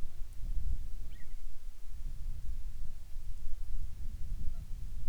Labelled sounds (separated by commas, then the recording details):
songbird
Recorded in the Arctic National Wildlife Refuge, Alaska, on 10 July 2019 at 18:41
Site 44